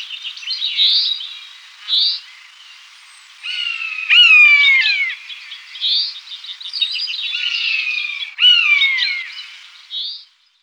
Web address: Sissonne. Buse variable